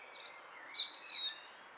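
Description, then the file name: European robin song, one very short phrase of high, thin, slightly scratchy warbling lasting under a second. "Erithacus rubecula"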